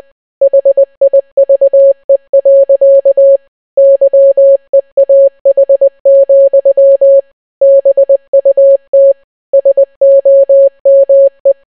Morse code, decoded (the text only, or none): HIVE. YEAH, BUT SOME